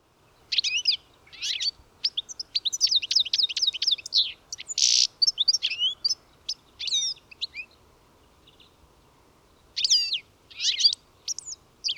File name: Carduelis carduelis